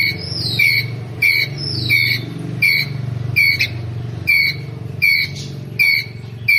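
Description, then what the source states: Ground squirrel making sharp, high chirps repeated rhythmically, some slightly drawn out, over a noticeable low engine-like rumble. Ground squirrel calling to its group.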